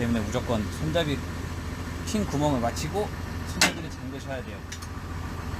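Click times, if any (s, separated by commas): none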